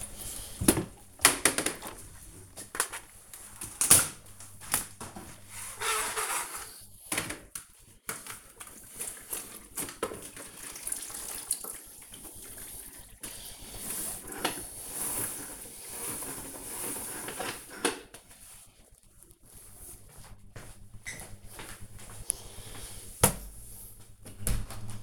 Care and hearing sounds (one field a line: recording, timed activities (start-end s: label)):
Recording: household activities, microphone on the right wrist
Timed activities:
12.32-25.03 s: floor cleaning